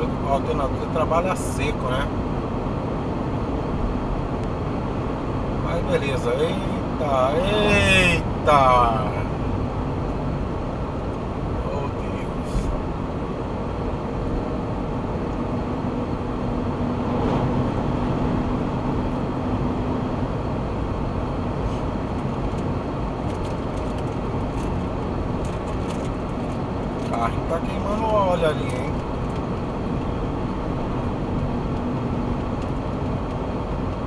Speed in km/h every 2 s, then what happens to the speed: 96, 97, 97, 94, 90, 87, 88, 90, 95, 97, 91, 89, 88, 89, 89, 92, 89.
0-5 steady at about 97. 5-10 slows to 87. 10-17 speeds up to 97. 17-22 slows to 89. 22-34 steady at about 89.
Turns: none.